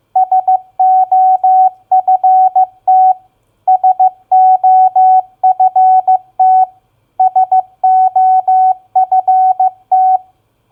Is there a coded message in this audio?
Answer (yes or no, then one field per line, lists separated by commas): yes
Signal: Morse code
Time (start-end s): 0.2-10.2 s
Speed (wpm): 15 wpm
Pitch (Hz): 750 Hz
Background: none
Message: SOFT SOFT SOFT